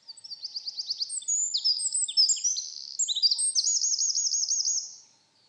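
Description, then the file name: Eurasian wren delivers an energetic, very high song of quick staccato notes and buzzy phrases, closing on a rapid rolling trill before stopping. "Troglodytes troglodytes"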